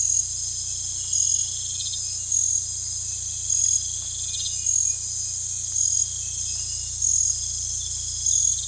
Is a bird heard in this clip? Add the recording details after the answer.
no. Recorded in pastures near Puerto Asís, Putumayo, Colombia, on 16 December 2024 at 04:00. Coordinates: 0.472, -76.329. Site G072